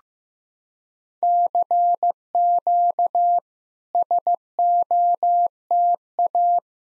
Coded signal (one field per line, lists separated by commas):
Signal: Morse code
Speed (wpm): 15 wpm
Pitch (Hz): 700 Hz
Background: none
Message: CQ SOTA